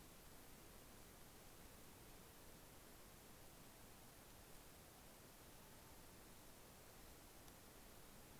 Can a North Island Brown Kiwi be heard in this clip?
no